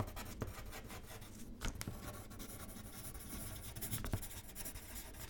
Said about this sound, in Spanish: Coge un folio y un lápiz. Escribe tres o cuatro líneas de lo que se te ocurra, lo que te apetezca contar.